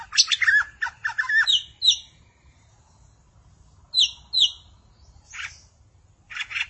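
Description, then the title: Magpie-robin or shama song: a fast chattering run of harsh notes, then paired high whistled chirps and short buzzy bursts separated by pauses. "Suara Burung Murai"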